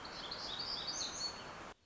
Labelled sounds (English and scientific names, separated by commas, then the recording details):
Black-throated Gray Warbler (Setophaga nigrescens)
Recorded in Sonoma County, California